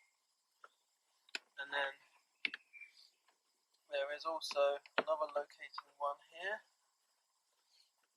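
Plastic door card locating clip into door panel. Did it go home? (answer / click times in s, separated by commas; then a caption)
no / none. On a Volkswagen Scirocco, a second locating clip on the plastic rear door card is handled near its hole in the door panel while someone talks. Brief sharp taps are heard at about 0.6, 1.3 and 2.5 seconds between the speech. The clip has not yet pushed home, so nothing has seated or clicked yet.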